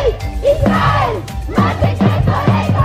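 A crowd of protesters at a picket outside an embassy shouts slogans together calling for Palestine to be freed, in loud, rhythmic bursts, the chanting rising and falling in a steady repeated cadence.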